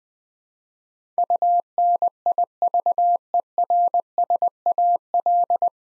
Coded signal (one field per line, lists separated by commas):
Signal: Morse code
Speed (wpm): 20 wpm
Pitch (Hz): 700 Hz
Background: none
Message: UNIVERSAL